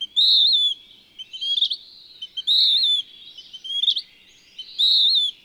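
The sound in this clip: Bird song: a clear, high, slightly wavering whistled phrase alternates with a buzzier chattering phrase that ends in a sharp upward flick, the pair repeating a little over every two seconds.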